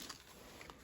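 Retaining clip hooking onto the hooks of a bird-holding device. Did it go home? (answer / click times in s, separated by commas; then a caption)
no / none. A retaining clip on a pigeon-holding device is handled toward the small hooks, one on each side, that it locks onto. Faint short taps are heard near 0.1, 0.6 and 0.7 seconds over a quiet background. Nothing has seated or clicked into place yet.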